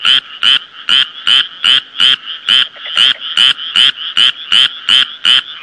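Frog calling: a regular series of harsh, clicky croaks, roughly two or three each second, steady throughout with no other sounds.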